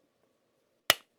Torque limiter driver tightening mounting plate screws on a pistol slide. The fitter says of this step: once we hear that click, we know it's at 15 inch-pounds.